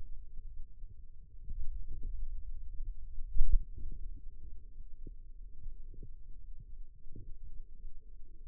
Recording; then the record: forearm muscle sounds (acoustic myography)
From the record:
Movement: finger pinch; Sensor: system 2, bracelet of six BSWA MPA416 microphones around the upper forearm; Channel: 6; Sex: female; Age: 22 years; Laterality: right